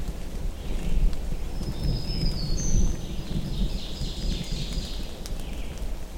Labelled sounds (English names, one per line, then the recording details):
Ovenbird song
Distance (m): 60 m
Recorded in boreal forest in Alberta, Canada, on 24 June 2016 at 07:45
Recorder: SongMeter 3, array SBT-6-76
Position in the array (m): 19 m, 22 m
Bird 2